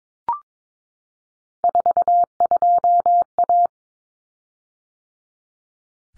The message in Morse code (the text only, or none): 42A